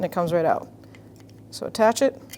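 A plastic wiper adapter is handled as it is about to be reattached to a TRQ windshield wiper blade while someone talks, with faint light ticks and handling noise in the gaps. Nothing has seated or clicked yet; the clip ends before the adapter goes home.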